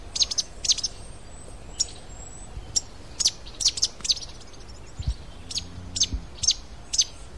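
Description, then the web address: Fruiteater calling in a series of high, thin, sharp notes in irregular bursts, with a brief low harmonic sound in the background. "cantos fruteyungue"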